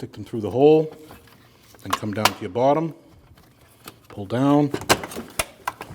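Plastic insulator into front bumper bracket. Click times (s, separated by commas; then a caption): 5.4 s, 5.7 s. A plastic insulator is fitted into a front bumper bracket on a 2014-2023 Jeep Cherokee: its two plastic tabs go through the hole in the bracket and the bottom is pulled down while someone talks. It clips in with two sharp snaps at 5.4 and 5.7 seconds, seating the insulator in the bracket.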